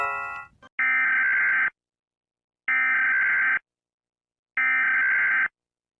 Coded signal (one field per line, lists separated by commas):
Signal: Emergency Alert System (SAME) tones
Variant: header bursts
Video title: EAS alarms #easalarm